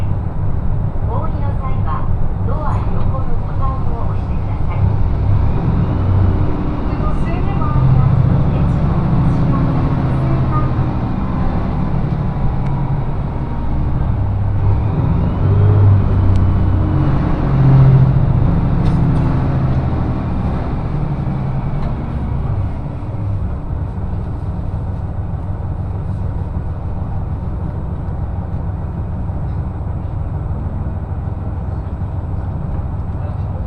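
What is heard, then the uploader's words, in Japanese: A train ride on the Echigo Tokimeki Railway, a steady low rumble throughout, with faint voices and clicks early, easing slightly after twenty seconds. 耳で楽しむ鉄道旅 えちごトキめき鉄道 高田→直江津→糸魚川。ディーゼルカー1両で足りてしまいます。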